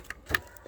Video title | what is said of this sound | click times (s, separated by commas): Hyper tough solar LED Security light | so it doesn't say how long the cord is um but it does snap into place | 0.4 s